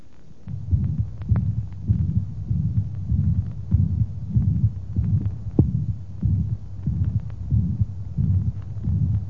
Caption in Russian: Проведение систолического шума в левую подмышечную область. Тоны сердца при этом не выслушиваются.